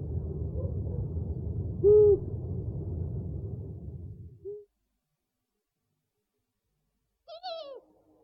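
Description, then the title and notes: Owl calls: a short, steady mid-pitched hoot over a low rumbling hiss, a brief note, then silence and a falling, harsher call near the end. Compilation of 69 call variants from 11 owl species. "Sovy - Eulen - Owls. 69 variant hlasů - 11 druhů sov"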